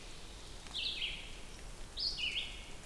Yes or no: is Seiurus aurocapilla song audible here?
no